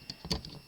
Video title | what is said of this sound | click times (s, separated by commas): Transformers Assorted Maximals Review | and should pop into place right here and kind of just sit there and then you'll ask | 0.3 s